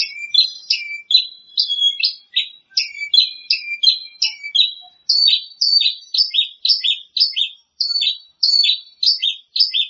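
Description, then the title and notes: Bird song of rapid, mostly down-slurred notes in a steady series with short gaps. "Bird Sound. Kicau Burung Lengkap"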